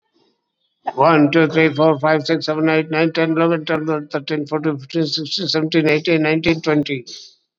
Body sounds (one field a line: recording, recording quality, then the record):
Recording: counting at a fast pace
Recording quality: excellent, no background noise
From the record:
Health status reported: COVID-19 positive, moderate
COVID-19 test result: positive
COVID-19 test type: RT-PCR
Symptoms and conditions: cough, sore throat, fatigue, diarrhoea, hypertension, diabetes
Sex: male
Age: 72 years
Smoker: no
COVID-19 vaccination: both doses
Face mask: worn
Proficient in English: no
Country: India